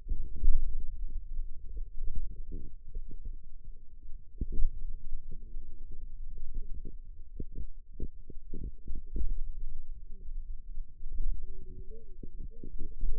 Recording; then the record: forearm muscle sounds (acoustic myography)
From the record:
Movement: pen grasping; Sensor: system 2, bracelet of six BSWA MPA416 microphones around the upper forearm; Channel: 6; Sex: female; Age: 21 years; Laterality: right